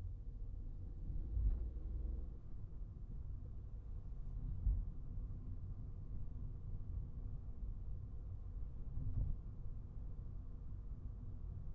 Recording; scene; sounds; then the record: everyday scene through a hearing-aid microphone; in a vehicle; engine, highway traffic jam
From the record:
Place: Skoda Fabia, gasoline engine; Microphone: behind the ear, right, front